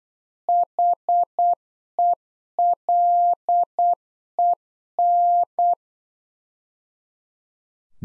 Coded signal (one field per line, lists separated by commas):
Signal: Morse code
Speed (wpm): 8 wpm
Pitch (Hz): 700 Hz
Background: none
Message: HELEN